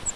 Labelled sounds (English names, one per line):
Grace's Warbler flight call